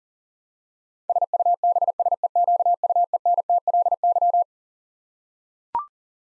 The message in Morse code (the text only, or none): SUBSEQUENTLY